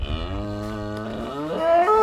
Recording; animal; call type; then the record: contact call of a hoofed animal; cattle; low-frequency (closed-mouth) or high-frequency (open-mouth) call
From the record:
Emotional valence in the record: positive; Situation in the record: visual reunion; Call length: 2.1 s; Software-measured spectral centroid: 1520 Hz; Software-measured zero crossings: 1380 a second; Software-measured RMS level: -22 dBFS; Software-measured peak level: -7 dBFS